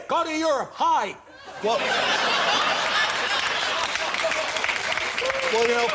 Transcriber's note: soundbite of laughter